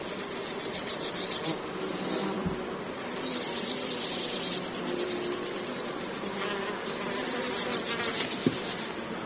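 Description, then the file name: Bush cricket song, bursts of rapid high buzzy pulses lasting one to two seconds, separated by short gaps, over a dense background hiss. "grasshoppers - brush crickets insects sound"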